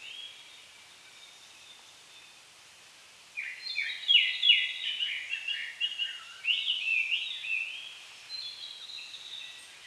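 Bird giving quick descending chirps and whistles, starting after a quiet stretch and running in a tumbling burst for several seconds, with steady background hiss.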